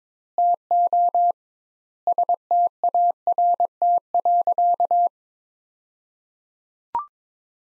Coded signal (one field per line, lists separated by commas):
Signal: Morse code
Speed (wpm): 22 wpm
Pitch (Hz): 700 Hz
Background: none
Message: TO START.